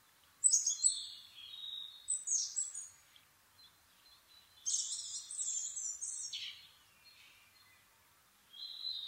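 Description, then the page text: Asian brown flycatcher delivering high, intricate song phrases of squeaky, buzzy notes and thin whistles with pauses between bursts. Nikko, Japan, 26 April 2011 at 4:39, altitude 730 m; Sony PCM-D50 with Panasonic WM-61A microphone. "kosamebitaki 20110426-0439. Muscicapa dauurica [Sounds -Nikko Today-]. 4/ 26 2011, 4:39 alt=730m"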